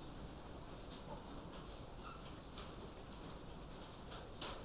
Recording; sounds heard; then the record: poultry house recording; sick chickens (respiratory disease)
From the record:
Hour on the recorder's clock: 19